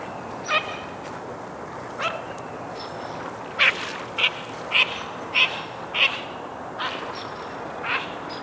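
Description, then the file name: Green-winged teal giving a series of short, high whistled peeps, some in quick succession, over a steady background hiss. "Green-winged Teal - Anas carolinensis"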